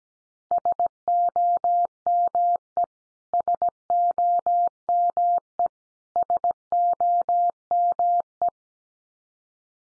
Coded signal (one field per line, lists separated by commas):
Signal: Morse code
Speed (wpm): 17 wpm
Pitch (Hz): 700 Hz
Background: none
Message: SOME SOME SOME